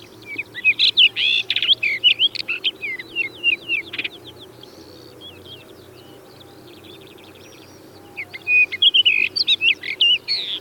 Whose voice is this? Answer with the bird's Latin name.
Monticola saxatilis